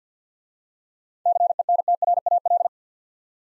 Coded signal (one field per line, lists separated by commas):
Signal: Morse code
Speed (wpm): 50 wpm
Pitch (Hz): 700 Hz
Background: none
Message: CENTRAL